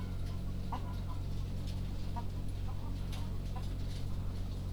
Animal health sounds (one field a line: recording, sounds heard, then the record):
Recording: poultry house recording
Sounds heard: sick chickens (respiratory disease)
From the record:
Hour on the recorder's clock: 0